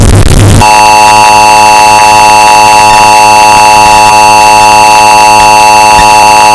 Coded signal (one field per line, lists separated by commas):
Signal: Emergency Alert System (SAME) tones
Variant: 853 and 960 Hz attention tone